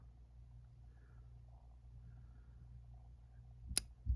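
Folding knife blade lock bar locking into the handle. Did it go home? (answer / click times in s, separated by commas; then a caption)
yes / 3.8 s. A folding knife blade is rotated open on its detent until the metal lock bar snaps over behind the blade, locking into the handle. After a low, steady background hum, a single sharp click at 3.8 s marks the lock bar snapping into place, showing a pronounced detent with a crisp action.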